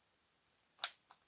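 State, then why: Seated. A fishing grip lead weight is pushed with pliers into the end of a plastic storage tube and clicks at 0.8 s as it locks in. Two fainter ticks follow at about 1.1 s and 1.3 s, with no talk. The weight ends up seated and locked in the tube.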